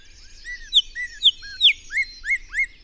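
Bird song of loud slurred chirps, some sharp and descending, others curving upward, over faint high twittering.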